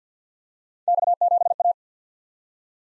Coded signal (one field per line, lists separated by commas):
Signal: Morse code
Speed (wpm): 52 wpm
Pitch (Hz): 700 Hz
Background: none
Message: X7A